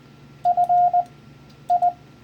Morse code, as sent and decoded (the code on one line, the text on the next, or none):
..-. ..
FI